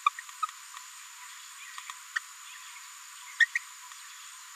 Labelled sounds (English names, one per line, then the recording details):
Green-rumped Parrotlet babbling
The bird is a female
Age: 30 days
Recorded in a nest box in Venezuela
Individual 17B73B3